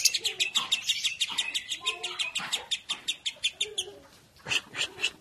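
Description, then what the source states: Lovebird chattering in quick, uneven high notes mixed with short squeaky chirps, fading slightly before a few louder calls at the end. Described as konslet.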